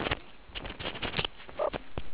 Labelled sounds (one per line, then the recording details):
meerkat close call
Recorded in the Kuruman River Reserve, South Africa
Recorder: an audio tag on a meerkat's collar